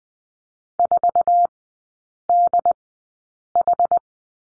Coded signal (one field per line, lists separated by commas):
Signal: Morse code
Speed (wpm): 20 wpm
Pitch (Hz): 700 Hz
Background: none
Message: 4DH